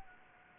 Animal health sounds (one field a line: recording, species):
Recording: mosquito wingbeat signal from an infrared sensor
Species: Anopheles gambiae